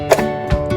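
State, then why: Seated. A plastic head chamber cartridge is slid straight up, arrow up, into a Jakks Pacific 3DIT Character Creator toy 3D figure machine and gives a sharp plastic click at 0.1 s, followed by softer bumps around 0.5 s and 0.7 s over a steady tonal background. The click confirms the cartridge is seated in the right spot.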